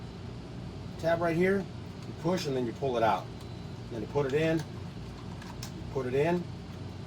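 Someone talks while handling the plastic power window/lock switch of a 2009–2012 Toyota RAV4, which has been unplugged and is being pushed back into its opening in the door trim panel. A steady low hum runs underneath, with a brief sharp sound at 5.6 s. The clip ends before the switch goes home, so nothing has seated or clicked yet.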